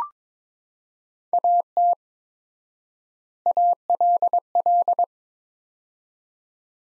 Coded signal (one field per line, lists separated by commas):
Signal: Morse code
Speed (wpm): 22 wpm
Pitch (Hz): 700 Hz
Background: none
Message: AT ALL